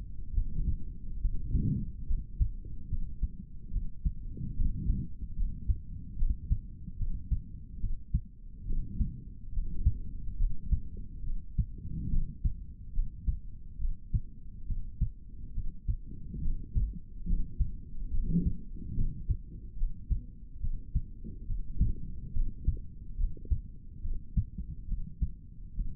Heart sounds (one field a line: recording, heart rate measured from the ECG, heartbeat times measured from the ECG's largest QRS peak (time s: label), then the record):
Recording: heart sounds by stethoscope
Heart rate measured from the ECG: 71 bpm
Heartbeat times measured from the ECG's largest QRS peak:
0.32 s: heartbeat
1.20 s: heartbeat
2.07 s: heartbeat
2.88 s: heartbeat
3.71 s: heartbeat
4.55 s: heartbeat
5.36 s: heartbeat
6.16 s: heartbeat
6.97 s: heartbeat
7.79 s: heartbeat
8.65 s: heartbeat
9.52 s: heartbeat
10.37 s: heartbeat
11.23 s: heartbeat
12.09 s: heartbeat
12.93 s: heartbeat
13.79 s: heartbeat
14.66 s: heartbeat
15.53 s: heartbeat
16.41 s: heartbeat
17.26 s: heartbeat
18.10 s: heartbeat
18.94 s: heartbeat
19.76 s: heartbeat
20.60 s: heartbeat
21.45 s: heartbeat
22.33 s: heartbeat
23.17 s: heartbeat
24.01 s: heartbeat
24.87 s: heartbeat
25.74 s: heartbeat
From the record:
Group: healthy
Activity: rest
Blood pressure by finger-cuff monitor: 82/49 mmHg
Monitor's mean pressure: 59 mmHg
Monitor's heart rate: 71 bpm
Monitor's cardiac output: 3.8 L/min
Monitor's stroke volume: 54 mL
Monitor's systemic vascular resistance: 1090 dyn s/cm5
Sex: male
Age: 55 years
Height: 167 cm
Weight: 57.2 kg